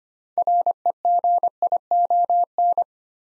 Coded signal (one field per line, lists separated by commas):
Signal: Morse code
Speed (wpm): 25 wpm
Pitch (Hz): 700 Hz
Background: none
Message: REGION